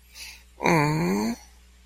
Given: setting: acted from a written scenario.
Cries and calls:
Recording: vocal sound without words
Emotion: sympathy

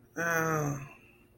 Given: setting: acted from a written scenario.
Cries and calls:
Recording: vocal sound without words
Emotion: guilt

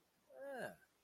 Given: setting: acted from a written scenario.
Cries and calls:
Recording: vocal sound without words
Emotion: sympathy

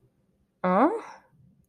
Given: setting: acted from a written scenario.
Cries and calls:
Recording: vocal sound without words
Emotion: disappointment

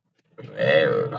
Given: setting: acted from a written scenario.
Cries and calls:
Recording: vocal sound without words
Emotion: disgust

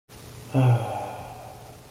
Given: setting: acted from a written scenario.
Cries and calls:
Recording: vocal sound without words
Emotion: contentment

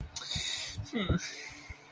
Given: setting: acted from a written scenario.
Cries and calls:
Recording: vocal sound without words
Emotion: guilt

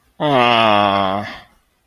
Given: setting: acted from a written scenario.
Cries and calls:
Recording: vocal sound without words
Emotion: negative surprise

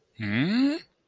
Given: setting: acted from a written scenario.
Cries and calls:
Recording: vocal sound without words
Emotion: confusion

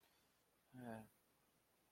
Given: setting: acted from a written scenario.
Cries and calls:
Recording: vocal sound without words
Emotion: shame

